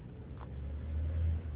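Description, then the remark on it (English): A heavy bus engine revs with a deep, low rumble that swells louder toward the end before easing slightly, with no voices over it. “I feel like you were blowing your fucking pipes too loud. Maybe his engine's blown out or something.”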